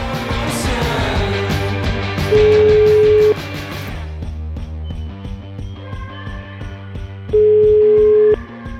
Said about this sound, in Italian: facciamo squillare questo telefono.